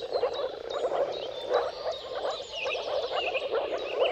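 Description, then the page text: Moor frog chorus: many short, hollow bubbling notes pulsing together, with brief bird whistles cutting through at intervals. Dawn chorus of many moor frogs giving mating calls at sunrise, at the turn of March and April, timing depending on the weather. "Dawn’s Chorus: Mating Calls of Marsh Frogs at Sunrise. Depending on the weather at the turn of March and April, you can witness an amazing spectacle of moor frogs. Jakub-Orzecki moor frogs"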